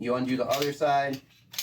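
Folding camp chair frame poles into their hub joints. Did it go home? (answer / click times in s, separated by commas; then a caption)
no / none. Someone talks while undoing the second side of a folding camp chair frame, handling its poles toward their hub joints. Brief sharp handling knocks sound near the end at about 1.5 and 1.6 seconds, but nothing has seated or clicked yet when the clip ends.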